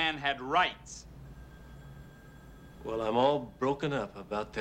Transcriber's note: soundbite of telephone ringing